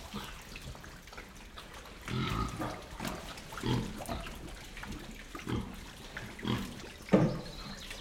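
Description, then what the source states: Pig giving several low, rough grunts from about two seconds on. Pigs moving in wet mud inside a shed, grunting.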